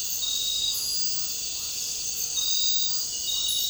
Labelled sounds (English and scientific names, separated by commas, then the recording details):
none
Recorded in dense forest near Puerto Asís, Putumayo, Colombia, on 9 March 2025 at 00:30
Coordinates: 0.467, -76.328
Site G041